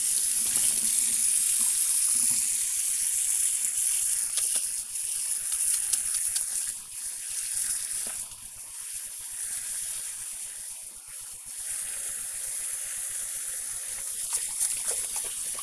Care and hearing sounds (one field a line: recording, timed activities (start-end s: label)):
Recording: household activities, microphone on the right wrist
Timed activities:
0.00-15.63 s: washing hands